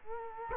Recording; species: mosquito wingbeat signal from an infrared sensor; Culex quinquefasciatus